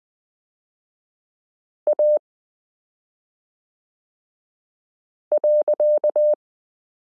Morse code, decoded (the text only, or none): A.